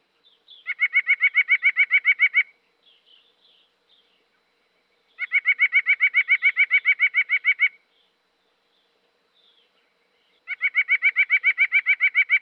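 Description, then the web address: White-breasted Nuthatch: three rapid runs of even, nasal notes, each about two seconds long, with pauses between. "Dan Gibson Wildlife Identification By Sound, Eastern North America Pt 2. White-Breasted Nuthatch"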